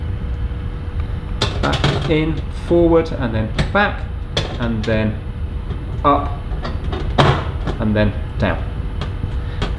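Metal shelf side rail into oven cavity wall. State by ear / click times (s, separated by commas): seated / 9.0 s, 9.6 s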